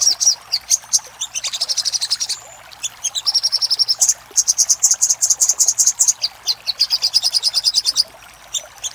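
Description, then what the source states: Little spiderhunter song of dense, high-pitched chattering notes and trilled runs, delivered almost continuously in quick bursts. Master recording for training cage birds; Indonesian name Sogok Ontong, labelled Labaik.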